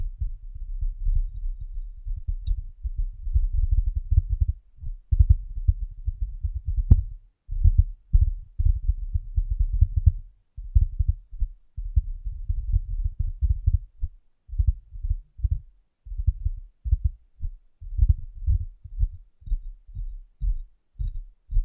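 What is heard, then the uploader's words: Glass tapping and cleaning, close up: soft, muffled thumps in quick, uneven runs, with brief pauses between bursts throughout. The sound stays low and dull, broken by a few sharper clicks near the start and faint, thin ticks above. ASMR Glass Brain Tapping & Cleaning (No Talking).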